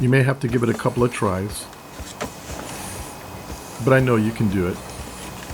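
A small wiring harness plug is pushed into the back of a GMC Yukon steering wheel accessory control button, with a pick held behind the plug, while someone talks. Between the bursts of speech there are only faint, low handling ticks against quiet background noise. Nothing has seated or clicked yet.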